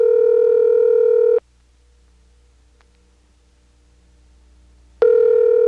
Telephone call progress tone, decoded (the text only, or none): ringback tone